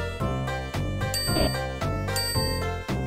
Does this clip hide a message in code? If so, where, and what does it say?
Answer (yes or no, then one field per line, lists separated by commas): no